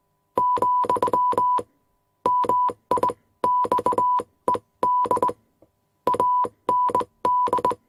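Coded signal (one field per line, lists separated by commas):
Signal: Morse code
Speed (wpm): 20 wpm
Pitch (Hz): 990 Hz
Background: none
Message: , MIXED AND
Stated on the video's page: Morse code machine sound effects with beeps, clicks and static.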